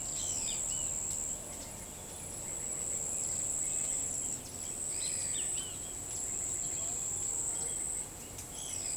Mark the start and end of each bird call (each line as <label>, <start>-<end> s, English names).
Pale-eyed Pygmy Tyrant, 0.12-0.56 s
Great Kiskadee, 0.46-0.91 s
Pale-eyed Pygmy Tyrant, 4.90-5.39 s
Great Kiskadee, 4.98-5.75 s
Pale-eyed Pygmy Tyrant, 8.55-8.96 s